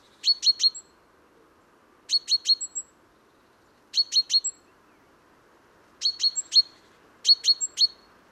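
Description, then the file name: Great tit calling in tight clusters of three or four bright, sharp notes, repeated with pauses between them. "Parus major"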